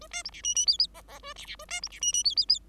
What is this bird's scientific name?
Lonchura striata domestica